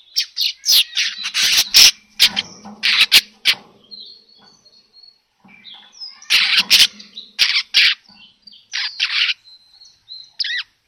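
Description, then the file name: Weaver song, scratchy chattering phrases and sharp chips broken by short pauses, with thin whistles toward the end. Lure call of a vigorously singing manyar weaver, used to draw in other birds. "Suara Pancingan Burung Manyar Gacor Dor"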